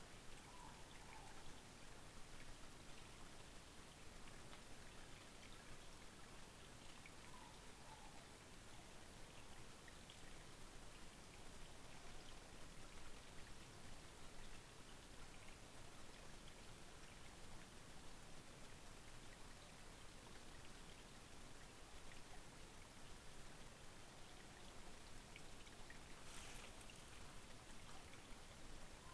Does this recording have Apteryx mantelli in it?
no